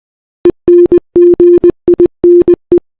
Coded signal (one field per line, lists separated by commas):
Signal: Morse code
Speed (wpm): 20 wpm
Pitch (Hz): 350 Hz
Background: none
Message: ENGINE